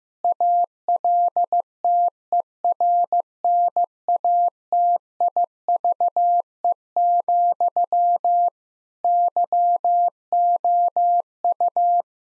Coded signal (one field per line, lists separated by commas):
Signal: Morse code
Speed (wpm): 15 wpm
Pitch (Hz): 700 Hz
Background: none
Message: ALTERNATIVE, YOU